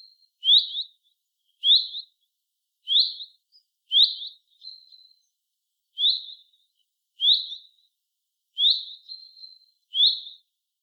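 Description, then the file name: Common chaffinch uttering a crisp, high call note every second or so, eight times, a few with a quieter trailing note; nothing else audible. "Fringilla coelebs"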